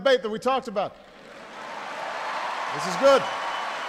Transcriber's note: applause